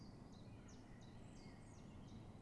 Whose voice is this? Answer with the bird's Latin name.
Phylloscopus collybita